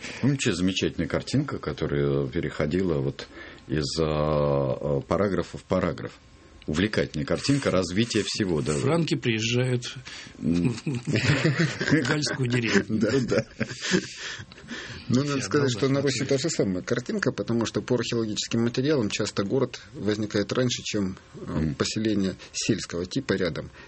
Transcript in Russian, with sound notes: Помните, замечательная картинка, которая переходила из параграфа в параграф – увлекательная картинка, развитие всего.
Франки приезжают в галльскую деревню. (все смеются)
Ну, надо сказать, что на Руси та же самая картинка, потому что по археологическим материалам часто город возникает раньше, чем поселение сельского типа рядом.